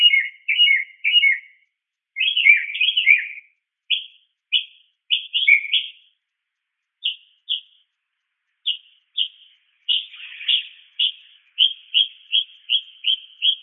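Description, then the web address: Northern mockingbird calls in bursts of short chirps, early phrases varied, later ones a steady series of repeated sharp notes. Multiple calls. "SFXSource. Mocking Bird Multi 6"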